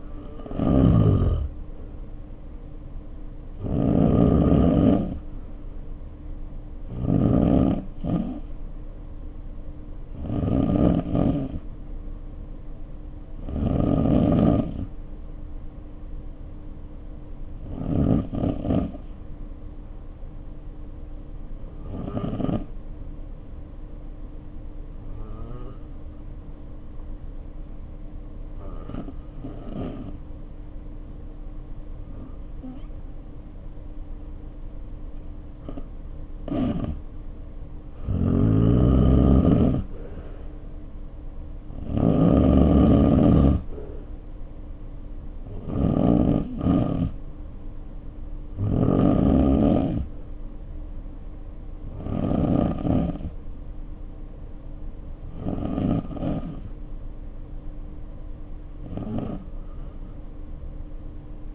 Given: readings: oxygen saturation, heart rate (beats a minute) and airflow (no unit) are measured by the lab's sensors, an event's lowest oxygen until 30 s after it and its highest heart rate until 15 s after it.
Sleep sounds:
breathing in sleep by a smartphone at the bedside; 1
23.00-41.20 s: hypopnea (N2, oxygen 94% highest, then 87% lowest, heart rate 55 at the start, 63 highest)
From the record:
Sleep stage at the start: N2 (light sleep); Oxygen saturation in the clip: 87 to 94%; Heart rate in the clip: 51 to 63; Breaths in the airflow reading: 18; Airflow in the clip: -2.6 to 3.4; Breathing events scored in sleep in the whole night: 520 in 7.2 hours asleep

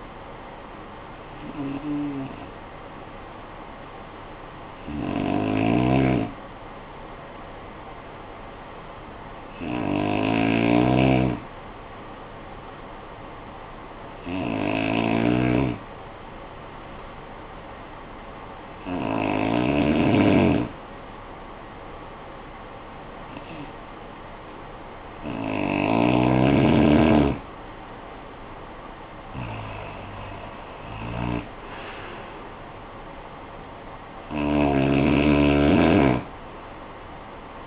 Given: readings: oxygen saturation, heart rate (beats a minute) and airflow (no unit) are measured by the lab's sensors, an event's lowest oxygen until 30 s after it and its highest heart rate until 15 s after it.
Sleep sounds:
breathing in sleep by a voice recorder at the bedside; 1
3.00-26.40 s: hypopnea (N1, oxygen 95% highest, then 90% lowest, heart rate 50 at the start, 58 highest)
From the record:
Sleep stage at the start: N1 (lightest sleep); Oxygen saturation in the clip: 89 to 95%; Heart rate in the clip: 48 to 62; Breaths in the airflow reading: 8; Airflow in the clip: -18.8 to 10.6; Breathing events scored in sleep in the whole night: 445 in 7.6 hours asleep

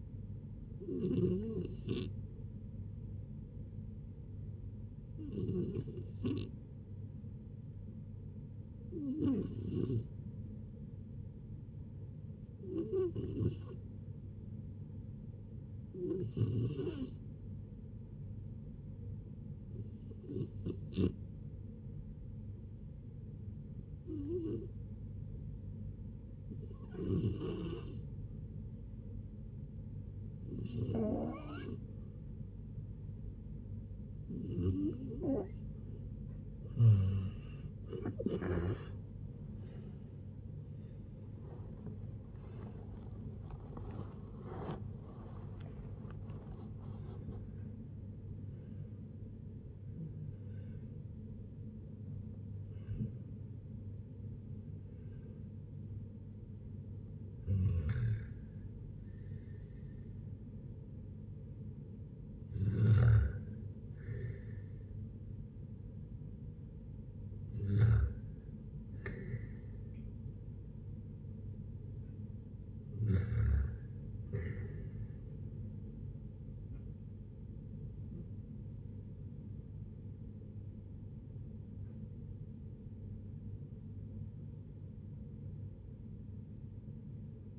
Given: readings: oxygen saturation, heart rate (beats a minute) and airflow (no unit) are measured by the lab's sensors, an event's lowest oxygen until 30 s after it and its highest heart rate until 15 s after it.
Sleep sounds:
a person awake in a sleep study, by a smartphone at the bedside; none
0.00-87.59 s: awake
0.00-87.59 s: awake
From the record:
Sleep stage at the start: awake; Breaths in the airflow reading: 29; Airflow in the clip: -0.8 to 0.8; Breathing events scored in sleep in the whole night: 496 in 5.4 hours asleep

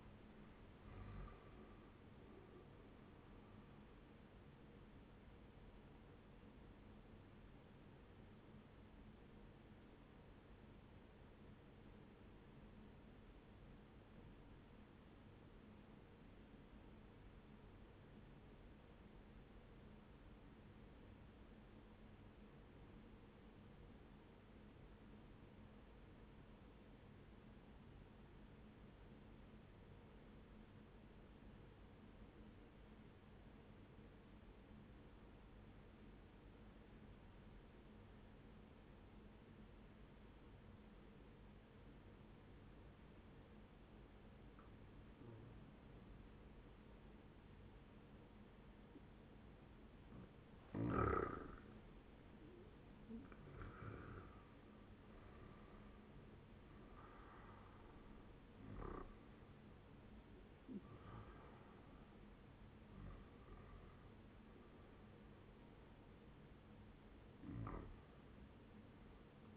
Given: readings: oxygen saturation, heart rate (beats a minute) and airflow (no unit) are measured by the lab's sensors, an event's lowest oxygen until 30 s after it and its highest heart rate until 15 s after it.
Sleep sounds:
breathing in sleep by a voice recorder at the bedside; 1
12.00-47.70 s: obstructive apnea (N1, oxygen 98% highest, then 96% lowest, heart rate 62 at the start, 77 highest)
From the record:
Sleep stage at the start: N1 (lightest sleep); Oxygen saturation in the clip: 94 to 98%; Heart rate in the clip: 61 to 81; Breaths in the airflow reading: 7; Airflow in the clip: -10.2 to 11.7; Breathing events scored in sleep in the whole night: 131 in 7.2 hours asleep

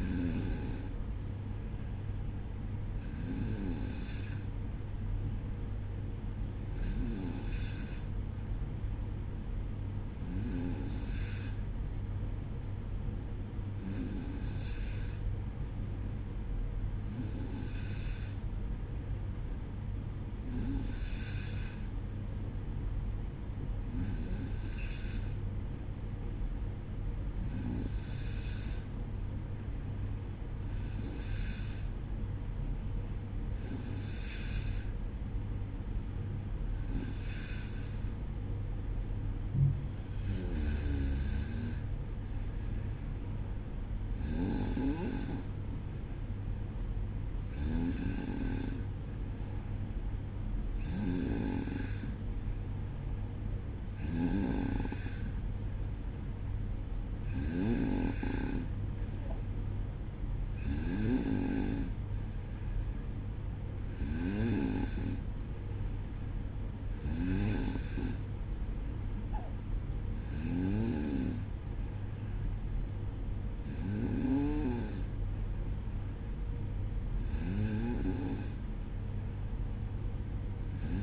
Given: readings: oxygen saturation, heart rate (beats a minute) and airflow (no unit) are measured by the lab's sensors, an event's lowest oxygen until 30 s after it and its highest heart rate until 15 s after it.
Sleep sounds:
breathing in sleep by a smartphone at the bedside; none
1.00-31.00 s: new sleep stage, N1 (lightest sleep)
31.00-81.03 s: new sleep stage, N2 (light sleep)
From the record:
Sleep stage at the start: N2 (light sleep); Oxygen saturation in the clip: 93 to 95%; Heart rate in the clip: 57 to 61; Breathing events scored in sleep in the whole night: 305 in 9.6 hours asleep

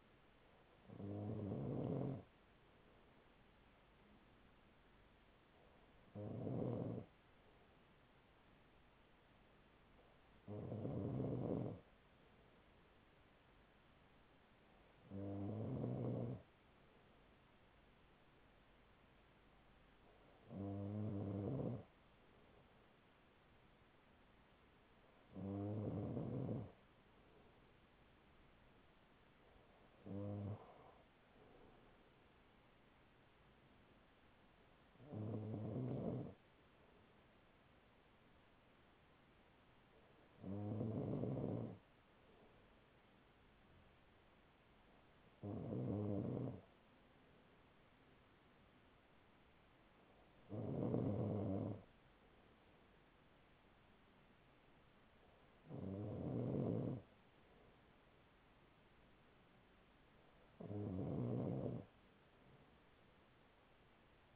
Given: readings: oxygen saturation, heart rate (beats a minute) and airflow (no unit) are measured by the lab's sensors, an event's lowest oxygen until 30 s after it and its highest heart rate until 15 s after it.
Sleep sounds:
breathing in sleep by a voice recorder at the bedside; none
none scored
From the record:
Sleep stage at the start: N2 (light sleep); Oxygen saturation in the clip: 95 to 96%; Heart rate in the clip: 40 to 45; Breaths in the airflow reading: 13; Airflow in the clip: -6.3 to 6.1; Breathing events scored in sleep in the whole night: 207 in 7.6 hours asleep

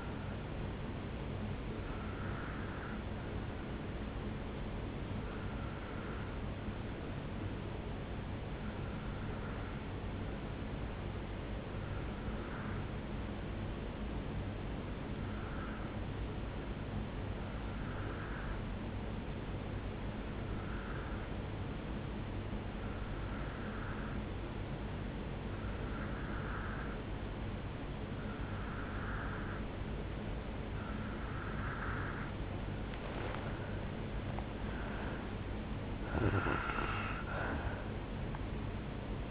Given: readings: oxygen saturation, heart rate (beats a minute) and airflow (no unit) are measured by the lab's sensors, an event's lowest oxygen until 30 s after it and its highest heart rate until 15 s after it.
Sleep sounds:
breathing in sleep by a voice recorder at the bedside; 1
5.00-33.50 s: hypopnea (N1, oxygen 97% highest, then 87% lowest, heart rate 60 at the start, 76 highest)
17.00-39.31 s: new sleep stage, N2 (light sleep)
From the record:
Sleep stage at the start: N1 (lightest sleep); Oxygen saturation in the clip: 88 to 97%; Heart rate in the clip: 60 to 76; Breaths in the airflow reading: 5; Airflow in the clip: -10.9 to 6.5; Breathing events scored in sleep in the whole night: 449 in 7.0 hours asleep

